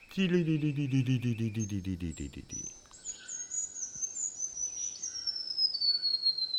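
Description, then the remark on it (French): After a brief voice at the start, a small, common Brazilian warbler sings a thin, high, whistled song that slides steadily downward in pitch over several seconds, above a constant hiss of insects. “Ça c'est un petit oiseau brésilien assez commun qui s'appelle la paruline.”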